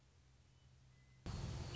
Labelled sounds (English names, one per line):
Western Meadowlark